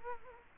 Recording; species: mosquito wingbeat signal from an infrared sensor; Culex quinquefasciatus